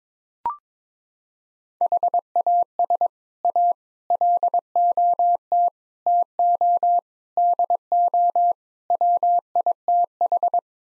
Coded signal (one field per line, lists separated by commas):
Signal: Morse code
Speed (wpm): 22 wpm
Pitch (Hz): 700 Hz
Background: none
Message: HAS A LOT TO DO WITH